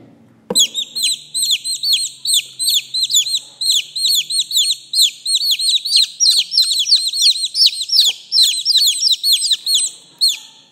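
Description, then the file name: Chick peeping nonstop: dense, high peeps that dip in pitch, with a soft low hum during the first few seconds. Chick, a young chicken, calling. "Tieng ga con keu"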